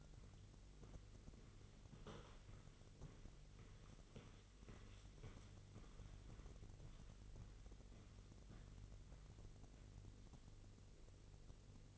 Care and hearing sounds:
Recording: daily activity, microphone in the room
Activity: walk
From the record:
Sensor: 4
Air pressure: 1002.4 hPa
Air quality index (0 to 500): 215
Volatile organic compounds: 11 ppm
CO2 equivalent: 2324 ppm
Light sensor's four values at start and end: 20/71/26/26 and 20/71/26/26

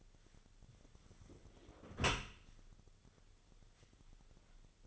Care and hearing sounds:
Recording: daily activity, microphone in the room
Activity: close dishwasher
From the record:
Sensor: 4

